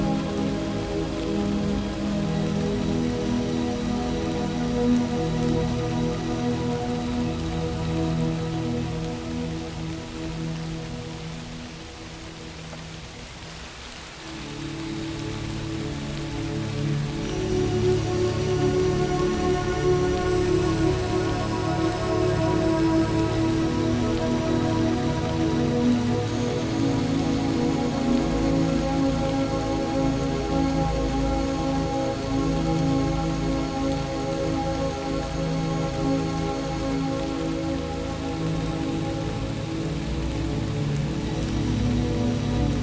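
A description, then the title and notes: Gentle rain falls in a steady, dense patter, with low sustained tones humming underneath. Around twelve to fourteen seconds the sound thins and quiets briefly, then returns at full strength and stays even through the end. Gentle Rain.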